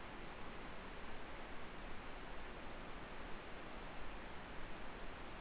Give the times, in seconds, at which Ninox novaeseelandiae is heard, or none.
none